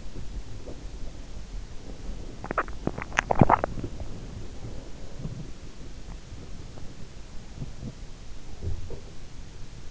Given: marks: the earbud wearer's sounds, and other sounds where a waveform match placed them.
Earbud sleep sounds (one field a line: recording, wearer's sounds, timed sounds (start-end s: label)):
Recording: sounds in sleep by an in-ear microphone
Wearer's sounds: teeth grinding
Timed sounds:
0.00-6.05 s: teeth grinding